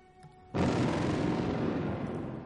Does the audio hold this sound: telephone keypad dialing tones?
no